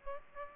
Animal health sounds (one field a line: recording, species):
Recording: mosquito wingbeat signal from an infrared sensor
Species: Aedes aegypti